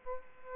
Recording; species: mosquito wingbeat signal from an infrared sensor; Aedes aegypti